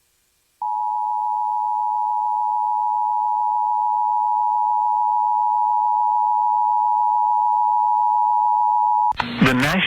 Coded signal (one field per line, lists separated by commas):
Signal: Emergency Alert System (SAME) tones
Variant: 853 and 960 Hz attention tone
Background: speech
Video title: SIOUXLAND DERECHO | EAS Alerts from 7/5/2022 (EAS #1250-1281)